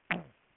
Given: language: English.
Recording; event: throat vibration sensor signal played as sound; throat clearing